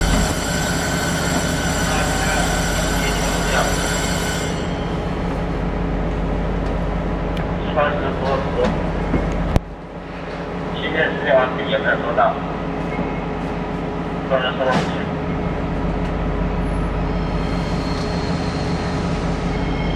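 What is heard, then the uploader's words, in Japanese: A train departs Taitō station with a steady low rumble and hum, a sharp click near ten seconds, and brief voices and squeals afterward. 区間3514次 台東駅発車。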